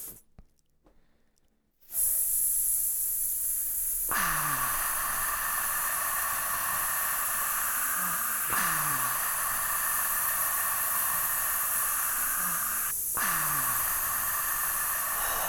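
A mouth-made breath sound with no voice: after about two seconds of near silence, a steady, bright hiss starts and holds at an even loudness to the end. Its airy texture shifts slightly around four, eight and thirteen seconds, like brief changes in the breath.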